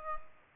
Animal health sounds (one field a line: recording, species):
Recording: mosquito wingbeat signal from an infrared sensor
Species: Culex pipiens